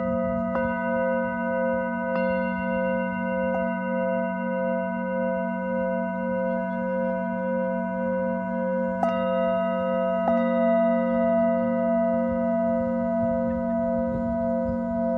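Singing bowls ring in a sound healing session, a steady low drone with a pulsing, wavering tone above it. New strikes land at about 0.5, 2, 3.5, 9 and 10 seconds, each adding a bright ringing attack before blending into the sustained hum.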